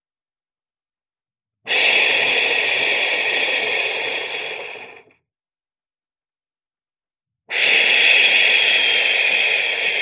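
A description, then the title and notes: A person makes slow, drawn-out shushing sounds, a bright, breathy hiss against silence. The first shush starts near two seconds and holds steadily for about three seconds before trailing off; after a quiet pause, a second begins around seven and a half seconds and continues to the end. Slow Shushing (Shh) Sound for Baby Sleep. Authentic human shushing sound.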